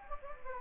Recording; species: mosquito wingbeat signal from an infrared sensor; Anopheles gambiae